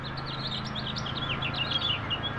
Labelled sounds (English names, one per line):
House Finch song